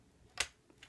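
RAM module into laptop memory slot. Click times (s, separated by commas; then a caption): 0.4 s. A laptop RAM module, inserted at an angle into its memory slot, is pressed down until the side retaining clips catch it. A sharp, bright click sounds at 0.4 s, followed by two fainter ticks near 0.8 and 0.9 s. The module is seated.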